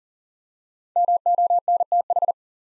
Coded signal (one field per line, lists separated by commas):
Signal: Morse code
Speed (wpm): 38 wpm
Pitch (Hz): 700 Hz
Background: none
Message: MONTH